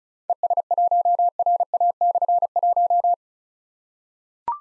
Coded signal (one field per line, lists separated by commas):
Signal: Morse code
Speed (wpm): 36 wpm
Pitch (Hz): 700 Hz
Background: none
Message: ES1RA/1